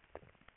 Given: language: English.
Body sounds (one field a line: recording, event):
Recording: throat vibration sensor signal played as sound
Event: swallow